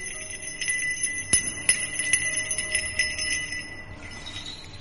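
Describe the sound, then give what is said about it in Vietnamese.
Small bells from a set of bells, pulled out and rung continuously by Gia Huy, jingle and ring over and over in a quick, uneven rhythm, with sharp bright strikes and high sustained tones shimmering together, fairly loud and without any voices. “Gia Huy lập tức lôi bộ chuông của mình ra, rung lên liên tục.”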